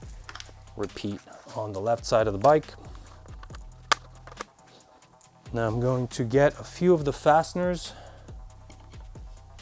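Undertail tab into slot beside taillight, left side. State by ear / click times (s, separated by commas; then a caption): seated / 3.9 s. Someone talks over music while the left-side undertail tab of a full undertail for a 2021+ MT-09 is pressed into its slot beside the taillight, during a high mount fender eliminator install. A single sharp click at 3.9 seconds marks the tab snapping in and seating, and then the talking resumes.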